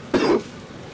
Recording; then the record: coughing mixed with background sound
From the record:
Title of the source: Coughing 77